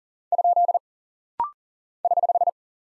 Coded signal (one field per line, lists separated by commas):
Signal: Morse code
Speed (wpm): 39 wpm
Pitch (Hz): 700 Hz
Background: none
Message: ? <HH>